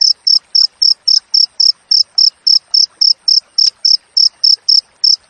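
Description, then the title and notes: Cricket giving a rapid, regular series of piercing chirps, about four per second, with light background crackling. Wild crickets with clear, closely spaced chirps, intended for training songbirds to mimic and for repelling rats. "Masteran Jangkrik Alam Jernih, Jeda Rapat Cocok Untuk Masteran Burung Dan Mengusir Tikus. suara jangkrik"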